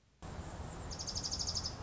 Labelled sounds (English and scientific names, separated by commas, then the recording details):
Dark-eyed Junco (Junco hyemalis)
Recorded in Sonoma County, California